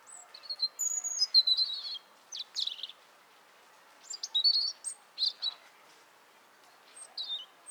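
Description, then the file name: European robin singing several varied phrases of high, thin whistles, sliding notes and quick twitters, separated by brief pauses. "Erithacus rubecula"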